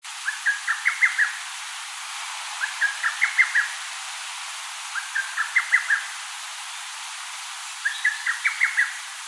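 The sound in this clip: Lesser cuckoo song: a quick phrase of five to six sharp notes, repeated four times about every two and a half seconds over steady hiss.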